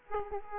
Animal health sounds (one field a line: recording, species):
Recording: mosquito wingbeat signal from an infrared sensor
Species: Aedes aegypti